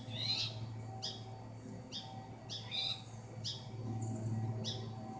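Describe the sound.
Spotted towhee giving scratchy, rising call notes about once a second, with a steady low hum underneath.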